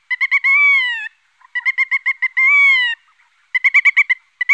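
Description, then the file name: Black-tailed godwit calling: quick bursts of nasal clipped notes, each followed by a longer drawn-out, slightly falling cry, in two phrases, then another run of clipped notes. "aguja colinegra"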